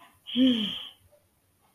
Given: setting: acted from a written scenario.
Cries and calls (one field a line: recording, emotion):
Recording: vocal sound without words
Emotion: ecstasy